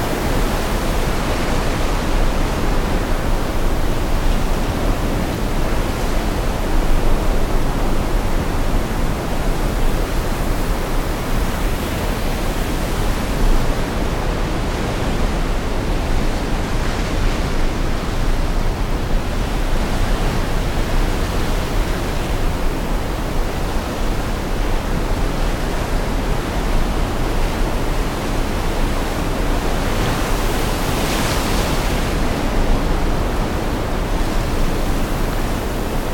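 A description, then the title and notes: The sea rumbles in a dense, unbroken wash of sound, heavy in the low end and steady in level throughout. Faint swells of brighter hiss rise and fade now and then, most noticeably near the middle and around thirty seconds. THE SEA • An Audio Postcard from the Portugal Sampling Session.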